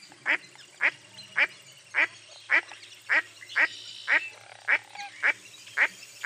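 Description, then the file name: Duck quacking repeatedly, with short raspy notes about every half second. "zvuki glazchatoi kriakvy"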